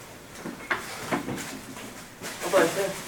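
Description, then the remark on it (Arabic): A chair is dragged and shifted across a hard floor as it is brought closer to the front, giving a few short scraping bursts and soft knocks, with faint murmuring voices in the background. “خليك قريب هناك، جيب الكرسي قريب لا تروح بعيد.”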